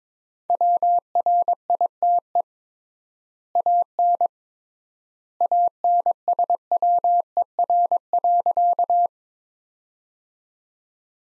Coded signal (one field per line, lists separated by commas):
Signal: Morse code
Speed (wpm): 22 wpm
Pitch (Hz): 700 Hz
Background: none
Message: WRITE AN ANSWER.